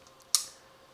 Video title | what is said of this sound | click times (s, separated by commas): More affordable and versatile - Tailfin Journey Rear Pannier Bike Rack Review - feat. Folding Design | And when you're done you can see there's a little latch there and then it'll lock | 0.3 s